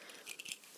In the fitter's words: but once you get it out push it in until you hear that little click